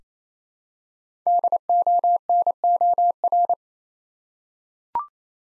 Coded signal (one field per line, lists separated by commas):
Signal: Morse code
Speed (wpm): 27 wpm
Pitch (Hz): 700 Hz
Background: none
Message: DONOR